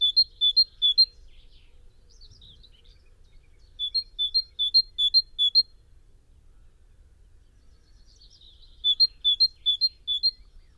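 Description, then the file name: Great tit song in three bursts, each a rapid series of three to five ringing two-note phrases, separated by pauses with soft, scratchy twittering in between. "Parus major"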